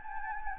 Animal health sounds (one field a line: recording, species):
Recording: mosquito wingbeat signal from an infrared sensor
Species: Anopheles gambiae